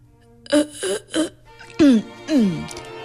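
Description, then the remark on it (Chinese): A voice imitates a donkey, Bubu the donkey, coughing from an inflamed throat: three short, rough coughs in quick succession, then two longer, strained honking sounds that slide downward in pitch. “看来是嗓子发炎了，所以会咳嗽。”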